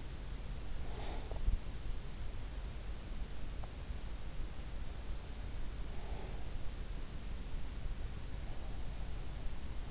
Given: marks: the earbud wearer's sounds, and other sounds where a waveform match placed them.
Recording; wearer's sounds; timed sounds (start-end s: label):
sounds in sleep by an in-ear microphone; breath
0.00-2.72 s: breath